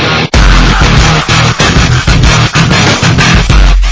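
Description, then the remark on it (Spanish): Loud music blares from a car stereo, heavy booming bass pulsing in a steady beat with a dense, slightly distorted wash over it, briefly cutting out near the start. No one speaks. “Generalmente un carro que se escucha así”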